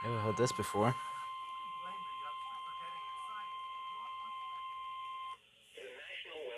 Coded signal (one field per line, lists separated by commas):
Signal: Emergency Alert System (SAME) tones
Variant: 1050 Hz attention tone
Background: speech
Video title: (EAS #378) Severe thunderstorm warning on WYAB-FM 6/2/2022